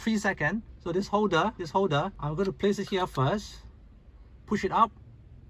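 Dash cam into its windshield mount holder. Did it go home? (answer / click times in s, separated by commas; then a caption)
no / none. A Zenfox T3 dash cam is handled and pushed up toward its windshield mount holder while someone talks. Nothing has seated or clicked yet.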